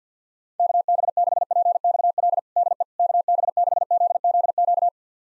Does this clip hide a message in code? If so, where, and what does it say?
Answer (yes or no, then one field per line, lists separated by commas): yes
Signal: Morse code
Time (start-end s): 0.6-4.9 s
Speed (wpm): 50 wpm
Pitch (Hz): 700 Hz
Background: none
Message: KB6PXL DE KB6ZZQ